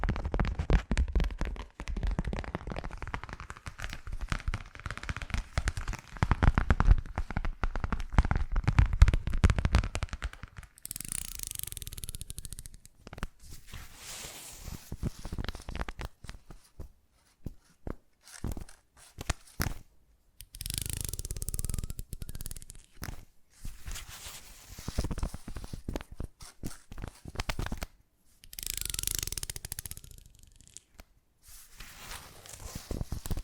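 ASMR triggers that keep switching: a dense run of rapid tapping and crackling fills the first ten seconds, then gives way to short bursts of scratching and brushing separated by brief silences. Several bright, hissy swishes stand out around 11, 20 and 29 seconds.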